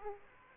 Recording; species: mosquito wingbeat signal from an infrared sensor; Aedes aegypti